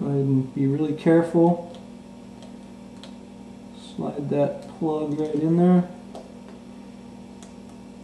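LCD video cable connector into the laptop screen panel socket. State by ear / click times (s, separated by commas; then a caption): seated / 7.4 s. On an HP G6-1C57DX laptop, the screen's video cable plug is slid into the socket on the back of the replacement LCD panel while someone talks over a steady low hum. A few faint ticks follow, then a small snap at 7.4 s as the plug seats.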